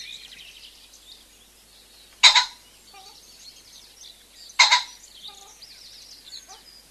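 Common pheasant uttering two loud, rasping two-syllable crows about two seconds apart, with faint softer notes after each and a chorus of high songbird trills behind.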